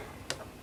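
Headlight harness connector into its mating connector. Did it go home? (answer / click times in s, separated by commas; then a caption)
yes / 0.3 s. The two plastic halves of a Kenworth T660 bi-xenon headlight harness connector are pushed together, tab facing up and red wire nearest, into the mating connector. A single sharp click sounds at 0.3 s against faint background noise as the locking clip snaps into place, and the connector is seated.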